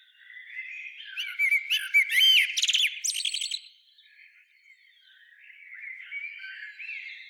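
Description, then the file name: Common blackbird calls: a loud cluster of squawky, scratchy notes in the first half, then softer, drawn-out harsh notes. "Turdus merula"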